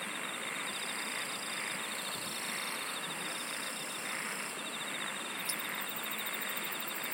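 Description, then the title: Insects calling together, quick pulsed trills and a few faint buzzes layered over a steady bed of chirring, with one brief click. "SINGING OF INSECTS"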